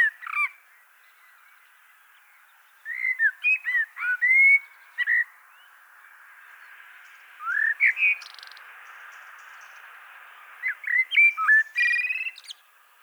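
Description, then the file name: Common blackbird singing repeated phrases of liquid, slurred whistles ending in twittery squeaks, with pauses between phrases and a constant background hiss. "Turdus merula"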